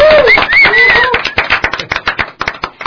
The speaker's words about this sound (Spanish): Damos la más cordial bienvenida y los fuertes aplausos para los amigos de …. ¡Oh! ¡Bravo!